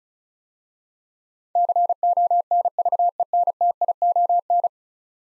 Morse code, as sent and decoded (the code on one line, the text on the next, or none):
-.-. --- -. ...- . -. - .. --- -.
CONVENTION